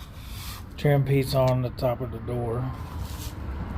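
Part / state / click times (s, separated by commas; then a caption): plastic trim piece into the top of the door panel / not seated / none. A plastic trim piece for the top of the door panel on a 1997–2003 Ford F-150 truck is handled during a door lock actuator replacement, while someone talks over a low background rumble. The piece is being lined up with its holes to be pushed in, but nothing has seated or clicked yet.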